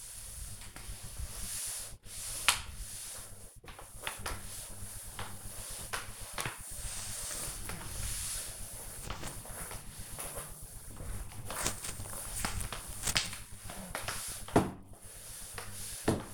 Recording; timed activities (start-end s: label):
household activities, microphone on the right wrist
0.00-16.33 s: floor cleaning